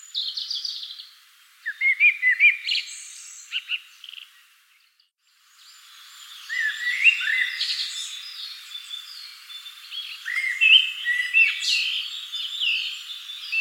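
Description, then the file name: Common blackbird song: short warbling phrases in the opening seconds, then a brief pause before dense, continuous high twittering and whistles. "Turdus merula"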